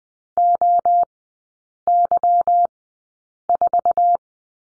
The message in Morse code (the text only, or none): OY4